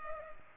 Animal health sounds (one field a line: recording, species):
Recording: mosquito wingbeat signal from an infrared sensor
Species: Culex pipiens